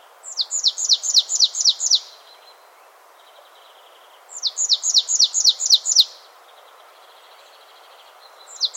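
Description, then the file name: Marsh tit calls: rapid runs of about seven sharp, downslurred high notes, repeated twice with a softer thin note between, over faint steady background hiss. "Poecile palustris"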